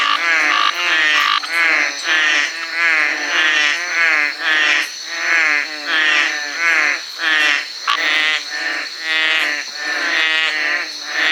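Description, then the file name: Veined tree frog calls: loud, harsh, buzzy pulsed croaks repeated about every half second to second in a dense series, with a steady high hum behind. "Trachycephalus typhonius"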